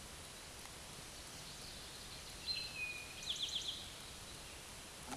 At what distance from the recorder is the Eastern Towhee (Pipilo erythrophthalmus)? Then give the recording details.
about 35 m. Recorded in a Pennsylvania forest on 17 May 2023 at 13:26. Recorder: AudioMoth, point grid1_31_low. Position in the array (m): 111 m, 106 m